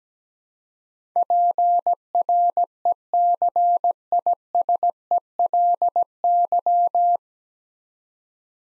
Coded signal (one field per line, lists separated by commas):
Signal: Morse code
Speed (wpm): 17 wpm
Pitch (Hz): 700 Hz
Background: none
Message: PRECISELY